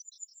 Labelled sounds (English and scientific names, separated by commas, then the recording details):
Yellowhammer (Emberiza citrinella) song
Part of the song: start
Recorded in the Czech Republic on 26 April 2013
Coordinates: 48.912, 16.995
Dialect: BE
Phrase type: B30
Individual 277299